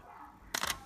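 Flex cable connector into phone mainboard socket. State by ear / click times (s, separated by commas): seated / 0.5 s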